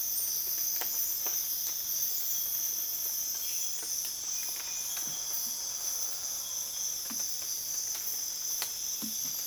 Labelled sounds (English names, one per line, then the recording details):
none
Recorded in dense forest near Puerto Asís, Putumayo, Colombia, on 25 June 2025 at 05:00
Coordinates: 0.484, -76.325
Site H65